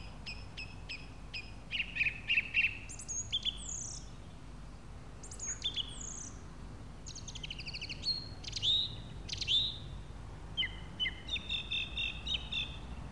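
Song thrush singing varied phrases of sharp clicks, chirps and clear whistles, several notes repeated two or three times in quick bursts.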